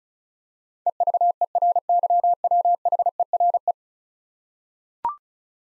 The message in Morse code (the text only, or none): EVERYWHERE